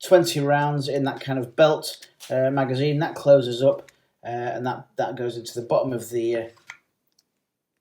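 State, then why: Seated. Someone talks about a 20-round metal belt-style pellet magazine for a Sig Sauer X5 air pistol. The magazine is then pushed up into the bottom of the pistol grip and locks with a sharp click at 6.7 s, followed by faint ticks around 7.1–7.2 s. The magazine is seated.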